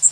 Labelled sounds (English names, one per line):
Blackpoll Warbler flight call